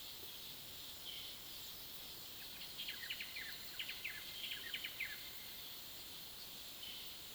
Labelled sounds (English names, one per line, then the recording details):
Buff-breasted Wren
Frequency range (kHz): Buff-breasted Wren 0.7-5.2 kHz
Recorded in pastures near Puerto Asís, Putumayo, Colombia, on 19 February 2024 at 09:00
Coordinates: 0.497, -76.327
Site G7276